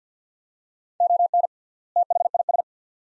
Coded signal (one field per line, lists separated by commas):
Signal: Morse code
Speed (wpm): 50 wpm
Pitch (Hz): 700 Hz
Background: none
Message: ON THIS